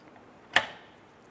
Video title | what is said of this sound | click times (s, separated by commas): How to Replace Hood Lift Support 2005-2010 Chrysler 300 | and that clip locks into place simply bring up the other one here | 0.6 s